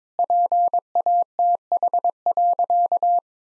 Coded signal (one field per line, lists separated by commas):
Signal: Morse code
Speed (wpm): 22 wpm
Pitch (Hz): 700 Hz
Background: none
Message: PATH.